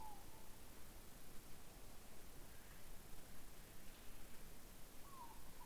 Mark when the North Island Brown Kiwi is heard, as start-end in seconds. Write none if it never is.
none